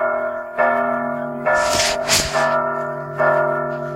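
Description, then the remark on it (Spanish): A bell rings out in several struck peals, each leaving a sustained, layered ringing tone, with a couple of brief breathy hissing bursts in the middle. No one speaks. “¿Ya podemos seguir, campana?”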